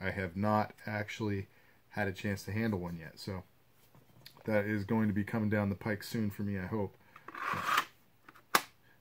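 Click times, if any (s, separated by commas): 8.5 s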